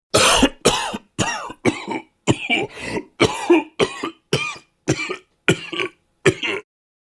Human sound effects clearing throat sound effects coughing.